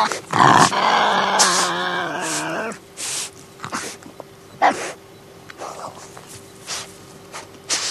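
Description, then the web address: Tasmanian devil loud harsh screech, then breathy huffs and brief hissing bursts. "earth naturelibrary assets t ta tasmanian devil"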